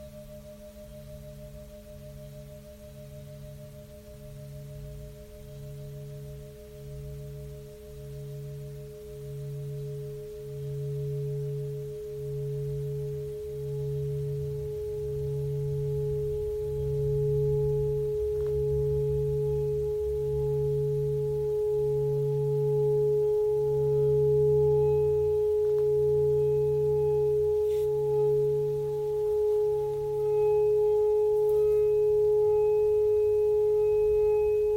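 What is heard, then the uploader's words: A Tibetan singing bowl rings with steady, pure tones, one strong ringing note over several fainter ones. Underneath, a low rolling hum pulses regularly, about twice per second, as the bowl is rubbed, and the sound slowly grows louder before holding steady. Let the sound of the Tibetian Singing Bowls do its magic.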